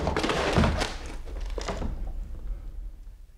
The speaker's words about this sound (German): Man bricht die Tür auf.